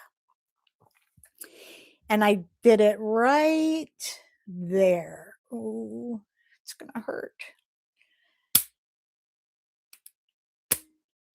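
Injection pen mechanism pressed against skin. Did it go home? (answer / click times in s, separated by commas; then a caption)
released / 8.6 s, 10.7 s. An injection pen is pressed against skin and triggered after someone talks. Its spring mechanism gives a loud click at 8.6 s as it fires and a second click at 10.7 s as the dose completes, so the pen has released.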